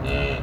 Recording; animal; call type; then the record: contact call of a hoofed animal; cattle; low-frequency (closed-mouth) or high-frequency (open-mouth) call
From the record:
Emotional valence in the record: negative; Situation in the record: full separation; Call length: 0.43 s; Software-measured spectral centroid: 1810 Hz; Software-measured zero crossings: 1960 a second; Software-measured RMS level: -24 dBFS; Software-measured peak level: -12 dBFS